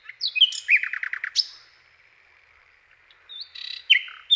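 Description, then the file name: Common nightingale giving a short phrase of rapid descending notes, a brief silence, then another burst of sharp chirps and a whistle. "SLOWIKRDZAWY"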